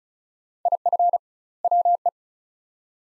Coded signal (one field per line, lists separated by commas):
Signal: Morse code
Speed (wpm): 36 wpm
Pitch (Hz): 700 Hz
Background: none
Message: IF WE